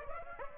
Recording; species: mosquito wingbeat signal from an infrared sensor; Aedes aegypti